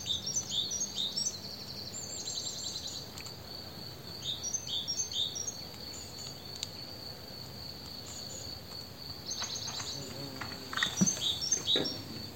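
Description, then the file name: Great tit calls: clusters of thin, high chirping notes in short bursts, returning several times throughout, with steady background hiss and faint low rumble. "Parus major"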